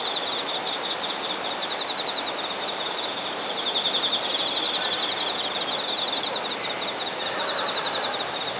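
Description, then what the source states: Chorus of singing insects, a fast-pulsed high trill swelling slightly midway, with brief very high buzzing and a constant hiss beneath. Singing insects in Shinagawa, Japan.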